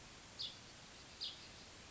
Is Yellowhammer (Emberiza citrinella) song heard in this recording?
no